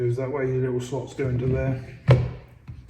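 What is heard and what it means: A diesel fuel filter element for a Vauxhall Mokka 1.6 CDTi is handled and lined up by its slots over its plastic filter housing while someone talks. A louder knock comes at about 2.1 s and a faint tap at 2.7 s. Nothing has seated or clicked into place yet.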